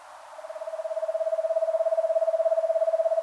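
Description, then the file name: Eastern screech owl trill: a monotone, fast run of soft pulses on one pitch, building from quiet to full strength and sustained for about three seconds. "Eastern Screech Owl Megascops asio"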